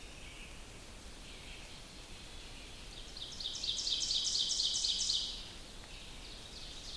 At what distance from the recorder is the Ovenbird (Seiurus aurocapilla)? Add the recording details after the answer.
about 30 m. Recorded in boreal forest in Alberta, Canada, on 2 June 2016 at 05:16. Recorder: SongMeter 3, array SBT-3-7. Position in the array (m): 22 m, 131 m. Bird 4